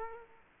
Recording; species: mosquito wingbeat signal from an infrared sensor; Culex quinquefasciatus